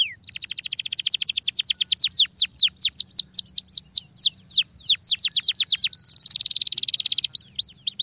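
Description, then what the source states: Belgian canary song of repeated downslurred whistles, with a brief buzzy trill near the end before more whistles. Canary song used to warm up a canary.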